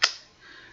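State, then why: Seated. A filled e-liquid squeeze bottle is pushed back up into its bay in a Dripbox 160 vape box mod. A single sharp click sounds at 0.0 s, followed by quiet, steady background hiss. The bottle is seated in place.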